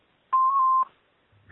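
A single steady electronic answering machine beep at a mid-high pitch holds for about half a second, then cuts off into silence before a faint rising noise begins.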